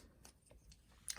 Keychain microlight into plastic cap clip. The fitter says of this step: and then once you've taken the light off of the key ring this just clicks right into place